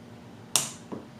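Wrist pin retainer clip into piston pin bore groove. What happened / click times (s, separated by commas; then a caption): The retainer clip snapped into its groove / 0.6 s. A steel wrist-pin retainer clip for an LS 6.0 LQ4 engine rebuild is worked around with pliers and a thumb, then pressed down into its groove in the aluminium piston's pin bore. It snaps into its seat with a sharp, bright metallic click at 0.6 s, followed by a much fainter tick at 0.9 s. The clip is seated.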